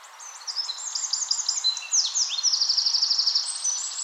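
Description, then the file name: Eurasian wren song: continuous rapid, high-pitched notes running into a fast, ringing trill, over a steady background hiss. "Troglodytes troglodytes"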